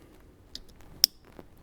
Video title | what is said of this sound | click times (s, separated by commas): Kicker 6 Speaker Plug & Play Upgrade Bundle Install - 2016 - 2023 Toyota Tacoma | you hear that snaps right into place | 1.0 s